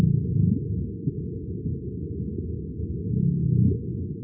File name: Gray Whale